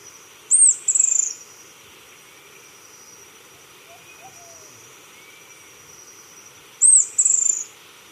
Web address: Natures Songs S America Birds of Ecuador Ashy-headed Tyrannulet